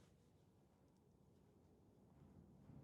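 A lubricated fuel injector for a Mercedes 450SEL is lined up at the bore of a new injector holder, ready to be slid and wiggled down. Only a low, steady murmur of background noise is heard, with no distinct handling sounds. Nothing has clicked or seated yet.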